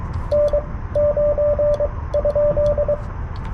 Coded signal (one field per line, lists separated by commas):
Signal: Morse code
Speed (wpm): 23 wpm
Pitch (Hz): 590 Hz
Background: radio noise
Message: N 9 ?